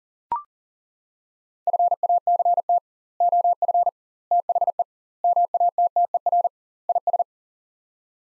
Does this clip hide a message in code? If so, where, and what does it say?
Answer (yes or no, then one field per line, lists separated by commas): yes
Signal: Morse code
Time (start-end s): 1.7-7.2 s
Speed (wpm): 40 wpm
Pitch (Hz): 700 Hz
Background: none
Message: FACT OF THE MATTER IS